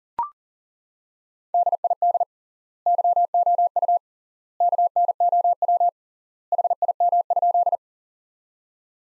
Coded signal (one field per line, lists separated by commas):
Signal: Morse code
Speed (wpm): 40 wpm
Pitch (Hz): 700 Hz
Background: none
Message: DID YOU KNOW HIM?